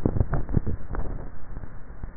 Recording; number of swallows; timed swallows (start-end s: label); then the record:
swallowing sounds by neck microphone; 1
0.29-1.12 s: swallow
From the record:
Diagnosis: dysphagia